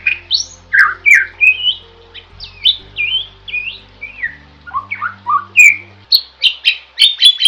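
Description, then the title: Songbird singing varied whistled phrases that rise and fall, ending in quick repeated chirps, with a low hum underneath. Masteran recording used for training songbirds. "Master Burung Jos"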